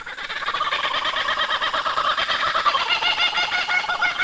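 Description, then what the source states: Laughing kookaburra chorus, a dense run of rapid chuckling and cackling notes, several birds overlapping throughout. Several birds proclaiming ownership of a large territory needed for food and nesting space.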